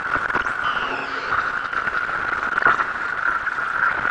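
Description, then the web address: Insect call, a steady unbroken drone held at one pitch throughout, with faint scratchy background noise. "Spongefork spongefork insects crepitata"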